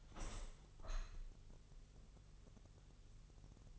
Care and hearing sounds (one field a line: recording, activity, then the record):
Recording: daily activity, microphone in the room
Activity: open window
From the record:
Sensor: 4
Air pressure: 1001.3 hPa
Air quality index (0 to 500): 168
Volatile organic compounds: 2 ppm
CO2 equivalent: 1206 ppm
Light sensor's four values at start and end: 12/29/12/12 and 13/29/12/12